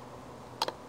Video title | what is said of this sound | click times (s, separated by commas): Himiway Cruiser vs Radrover - Side by Side Comparison | So if you just turn the key here, it's going to release and go out the side like that. | 0.6 s